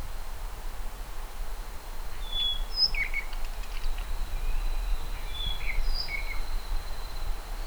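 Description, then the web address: ʻApapane calls: a few thin whistled notes and short slurred chips spaced irregularly, against a constant low rumble of background noise. "Himatione sanguinea"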